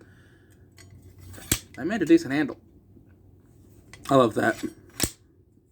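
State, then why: Seated. A knife blade is pushed into its sheath and locks with a solid, sharp click at 5.0 s, confirming it is seated. A sharp knock sounds at about 1.5 s, and someone talks in between.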